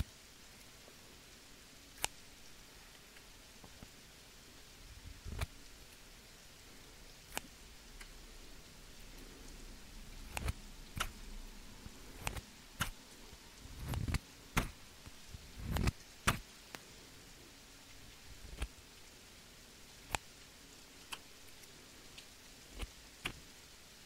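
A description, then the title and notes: Scissors snip over a steady, soft rain-like hiss. Sharp, bright clicks land irregularly, about every one to two seconds, bunching together around the middle with some duller low thumps, then thinning out toward the end. ASMR relaxing Scissors Sounds - Rain, no talking.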